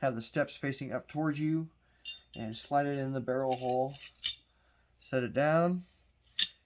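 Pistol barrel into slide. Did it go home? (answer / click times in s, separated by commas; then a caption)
yes / 6.4 s. A pistol barrel for a Canik TP9SF is slid into the slide's barrel opening, with its steps facing the handler, then laid down and pushed back while someone talks. A short metallic tap comes at about 4.3 seconds, and one sharp click at 6.4 seconds marks the barrel locking into place by itself.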